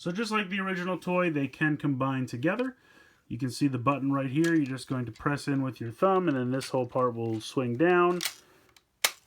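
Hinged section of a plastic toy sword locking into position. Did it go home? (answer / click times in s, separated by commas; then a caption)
yes / 9.0 s. Someone talks while pressing a release button on a plastic toy sword with a thumb, letting its hinged section swing down. A sharp click at 9.0 s marks the section snapping into its locked position.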